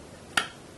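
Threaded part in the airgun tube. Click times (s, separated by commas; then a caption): 0.4 s. During a rebuild of a Sheridan Streak airgun, a threaded metal part is turned backwards in its tube until the thread start drops into place. A single sharp, bright click sounds at 0.4 s against a quiet background and fades quickly. The part's thread start has dropped into alignment; this marks where the thread begins rather than full seating.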